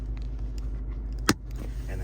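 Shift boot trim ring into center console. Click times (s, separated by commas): 1.3 s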